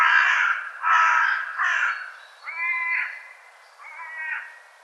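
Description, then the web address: Bird calls: three loud raspy caws followed by two softer, more nasal drawn-out calls. "cianscape birddata"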